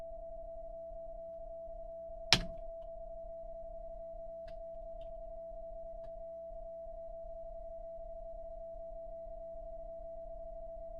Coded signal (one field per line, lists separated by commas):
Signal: PSK31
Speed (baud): 31.25 baud